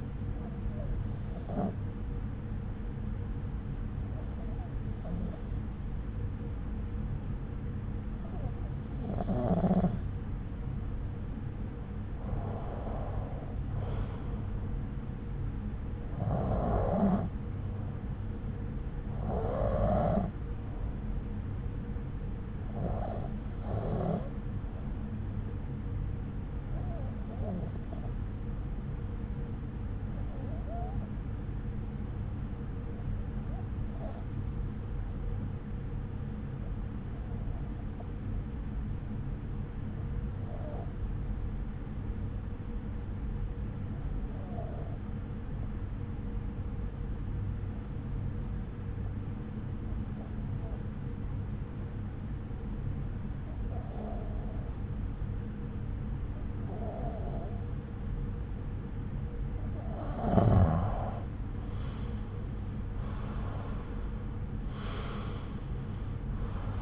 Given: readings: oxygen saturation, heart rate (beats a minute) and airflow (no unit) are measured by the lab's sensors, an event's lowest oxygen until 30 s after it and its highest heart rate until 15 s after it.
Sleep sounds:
breathing in sleep by a smartphone at the bedside; 1
30.00-61.60 s: hypopnea (N2, oxygen 95% highest, then 89% lowest)
From the record:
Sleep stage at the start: N2 (light sleep); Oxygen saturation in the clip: 93 to 95%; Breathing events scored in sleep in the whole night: 303 in 8.1 hours asleep

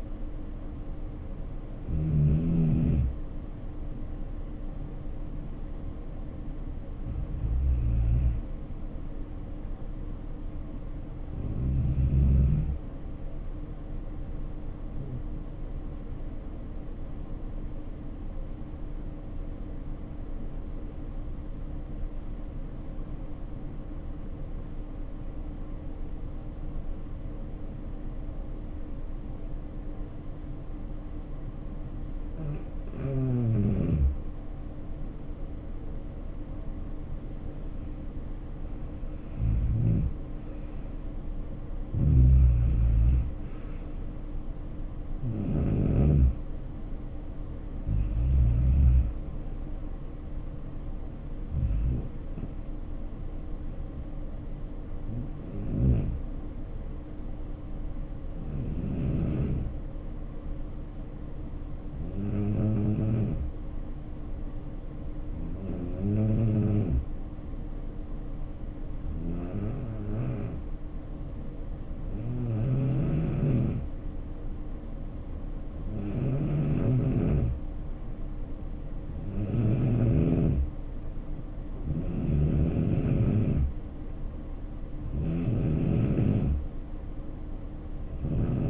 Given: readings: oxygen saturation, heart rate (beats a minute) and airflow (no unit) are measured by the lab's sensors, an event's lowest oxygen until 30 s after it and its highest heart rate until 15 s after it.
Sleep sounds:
breathing in sleep by a smartphone at the bedside; 2
20.00-35.60 s: obstructive apnea (N2, oxygen 95% highest, then 78% lowest, heart rate 66 at the start, 77 highest)
23.00-53.00 s: new sleep stage, N1 (lightest sleep)
53.00-88.70 s: new sleep stage, N2 (light sleep)
56.00-76.90 s: hypopnea (N2, oxygen 95% highest, then 86% lowest, heart rate 68 at the start, 74 highest)
From the record:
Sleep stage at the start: N2 (light sleep); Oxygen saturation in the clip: 78 to 95%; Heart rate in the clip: 60 to 77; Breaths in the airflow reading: 20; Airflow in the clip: -7.7 to 6.9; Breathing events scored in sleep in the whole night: 520 in 7.2 hours asleep

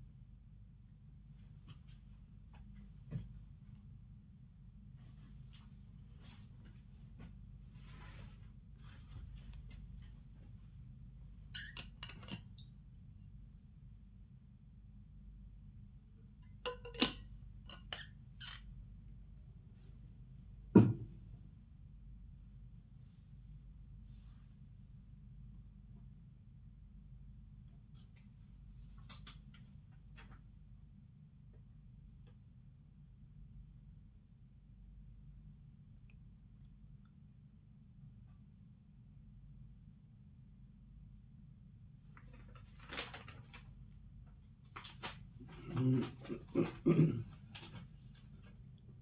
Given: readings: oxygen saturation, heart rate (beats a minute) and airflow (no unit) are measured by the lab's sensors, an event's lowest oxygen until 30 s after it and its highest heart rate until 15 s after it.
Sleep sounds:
a person awake in a sleep study, by a smartphone at the bedside; none
0.00-49.02 s: awake
From the record:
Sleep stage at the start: awake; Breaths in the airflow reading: 18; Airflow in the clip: -0.8 to 0.6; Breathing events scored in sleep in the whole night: 270 in 6.1 hours asleep

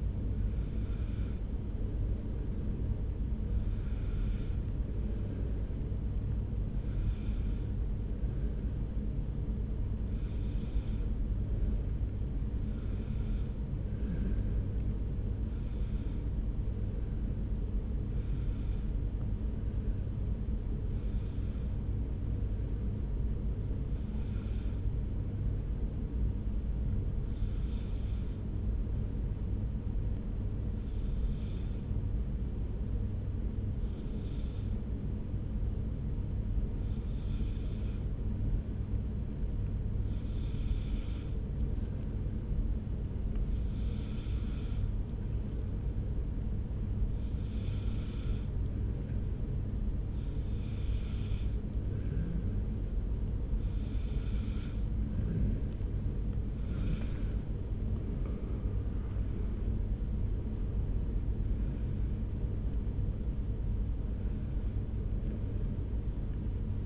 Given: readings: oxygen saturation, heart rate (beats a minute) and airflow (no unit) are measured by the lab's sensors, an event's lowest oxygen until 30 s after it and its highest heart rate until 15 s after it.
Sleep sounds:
breathing in sleep by a smartphone at the bedside; 1
18.00-48.00 s: new sleep stage, N2 (light sleep)
28.00-54.20 s: hypopnea (N2, oxygen 96% highest, then 92% lowest)
48.00-66.86 s: new sleep stage, N1 (lightest sleep)
From the record:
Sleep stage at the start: N1 (lightest sleep); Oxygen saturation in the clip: 92 to 96%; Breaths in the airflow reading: 22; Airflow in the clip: -2.0 to 3.4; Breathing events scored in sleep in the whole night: 335 in 6.7 hours asleep

